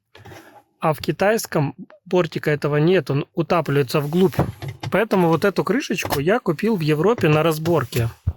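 A plastic trim cover for the dashcam housing behind the rear-view mirror of a VW ID.4, sourced from a European-built car, is handled near the mirror base while someone talks almost continuously. A brief faint tick is heard at 0.2 s, but nothing has seated or clicked yet.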